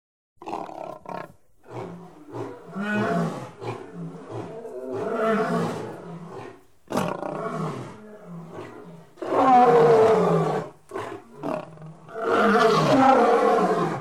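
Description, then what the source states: Big cat roaring, a run of loud rough bursts and grunts with short gaps, swelling into longer harsh roars near the end. Big cat house.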